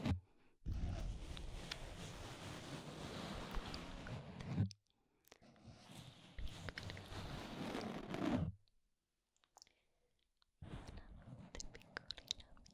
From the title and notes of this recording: EAR MASSAGE.